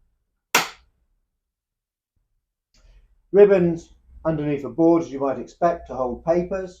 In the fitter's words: and listen for the click as it closes.